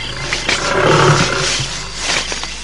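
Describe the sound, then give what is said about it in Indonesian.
A male tiger roars loudly, a deep, rough growl that swells through the middle and surges again near the end, with no voices over it. “Kau harimau jantan. Rupanya mau main-main denganku.”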